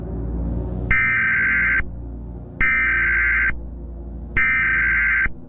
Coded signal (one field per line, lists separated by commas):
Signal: Emergency Alert System (SAME) tones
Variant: header bursts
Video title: EAS scenario:skynet AI (analog horror) an shout out to equillibriumfilms because this is his vid￼